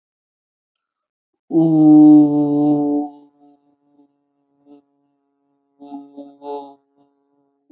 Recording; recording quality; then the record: sustained vowel as in boot; excellent, no background noise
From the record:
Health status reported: healthy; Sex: male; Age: 21 years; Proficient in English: yes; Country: India